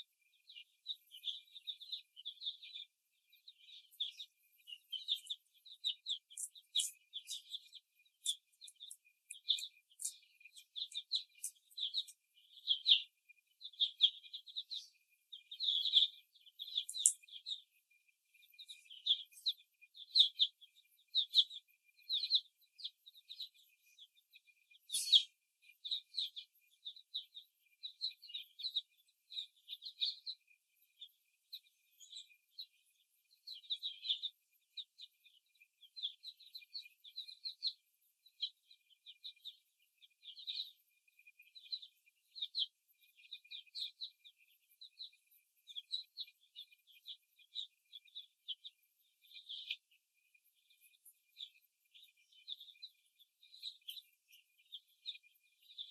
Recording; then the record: young laying hens in a cage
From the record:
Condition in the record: before the stressor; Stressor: simulated dog barking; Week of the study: 1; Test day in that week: 2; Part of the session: 1